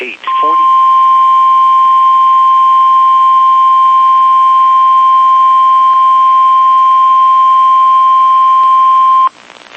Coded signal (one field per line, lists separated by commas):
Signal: Emergency Alert System (SAME) tones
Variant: 1050 Hz attention tone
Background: speech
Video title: FREE APPLEBEES Part 1 EAS Alerts From 11-10-21 EAS #1-6